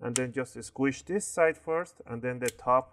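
The plastic palm rest of an Acer Aspire One D255e laptop is being pressed down onto the laptop base, one side first and then the top, so its clips latch. Someone talks throughout, and no clicks are heard. Nothing has seated or clicked yet.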